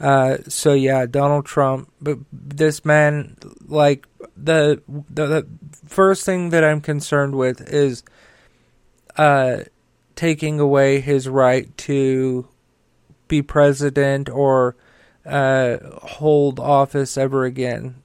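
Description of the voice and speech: An adult man speaks slowly with long pauses, drawn-out fillers and a threefold repeated, stretched "the, the, the" before continuing. These are stutter-like repetitions and prolongations, with slurring, from a speech impediment.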